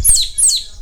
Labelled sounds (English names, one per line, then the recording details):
Stitchbird song
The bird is a male
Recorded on Tiritiri Matangi Island, New Zealand, in 2005
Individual 17, of nest box 25